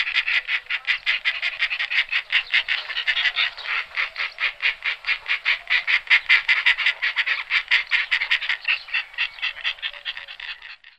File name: sup-mrchožravý